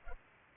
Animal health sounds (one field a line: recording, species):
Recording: mosquito wingbeat signal from an infrared sensor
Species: Culex pipiens